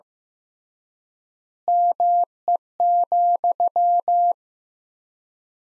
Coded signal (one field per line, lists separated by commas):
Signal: Morse code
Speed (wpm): 15 wpm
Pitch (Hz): 700 Hz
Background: none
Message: ME,